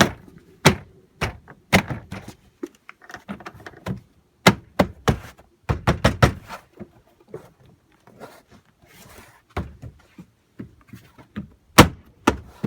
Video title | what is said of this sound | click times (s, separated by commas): Installing Tow Mirrors on a 07-13 Chevy Silverado | and you actually hear him snap right back into place just go around the whole entire door and do that | 0.0 s, 0.7 s, 4.5 s, 6.2 s, 11.8 s, 12.3 s